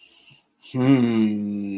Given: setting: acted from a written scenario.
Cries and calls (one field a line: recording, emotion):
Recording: vocal sound without words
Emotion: pride